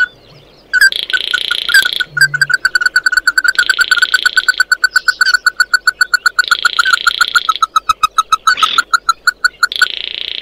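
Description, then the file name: Bird calls: a long steady run of quick repeated notes, interrupted several times by loud buzzy trilled bursts. "Tieng chim mat do"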